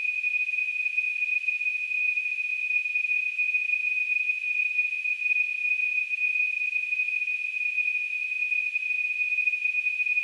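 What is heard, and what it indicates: A steady, unbroken high-pitched tone near 2.5 kHz with a faint hiss above it, lasting the whole clip: a simulated tinnitus sound.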